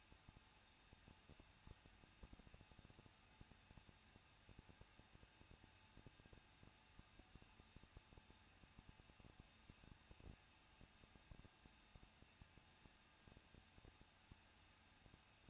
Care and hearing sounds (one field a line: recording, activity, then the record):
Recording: daily activity, microphone in the room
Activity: no activity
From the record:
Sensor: 2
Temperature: 21.0 degrees Celsius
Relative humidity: 37.3%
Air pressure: 1006.3 hPa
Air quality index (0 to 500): 220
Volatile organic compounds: 23 ppm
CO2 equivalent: 2782 ppm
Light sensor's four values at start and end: 2/3/2/2 and 2/3/2/2